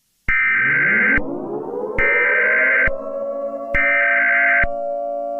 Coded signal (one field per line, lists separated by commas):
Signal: Emergency Alert System (SAME) tones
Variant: header bursts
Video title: EAS Scenario #99: Cacophony